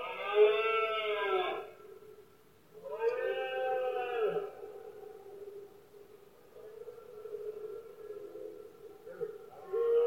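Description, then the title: Red deer bellows: two loud, harsh harmonic roars of about one and a half seconds each, then quieter drawn-out moaning and a steady background tone. Male red deer bellowing during the rut, known in Spain as berrea or brama del ciervo; at night in Spain. "Paisaje sonoro: Berrea"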